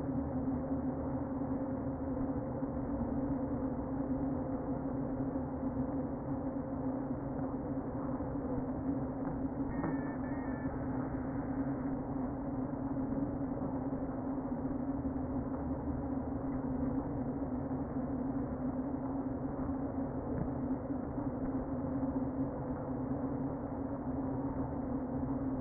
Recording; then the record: honeybee colony, microphone inside the hive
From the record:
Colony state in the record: queen present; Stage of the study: before two queens were removed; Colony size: about 60,000 bees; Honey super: yes